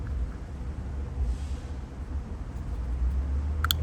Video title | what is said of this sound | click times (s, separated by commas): 2011-2013 Infiniti M37 Headlight Ballast Replacement | Just snap it in, you'll hear it make a clicking sound. | 3.6 s, 3.7 s